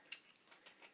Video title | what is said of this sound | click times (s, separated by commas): 🔴 A Multitude Of Hoover Turbomasters/Innovations LIVE! | to there until it clicks. That's in firmly. | 0.1 s